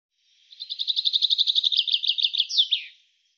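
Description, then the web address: Bird song phrase: a fast trill of many high chirps, ending in two sharp downslurred notes; background otherwise silent. "cianscape birddata Deverinetal 2025 Bird Fr Co"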